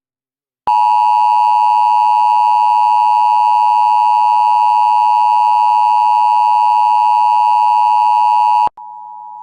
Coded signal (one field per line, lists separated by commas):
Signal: Emergency Alert System (SAME) tones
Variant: 853 and 960 Hz attention tone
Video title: [EAS #40-42] 11-2-2018 Alerts (NJTV)